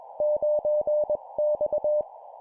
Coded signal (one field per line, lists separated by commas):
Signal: Morse code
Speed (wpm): 21 wpm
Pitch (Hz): 600 Hz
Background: none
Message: 9X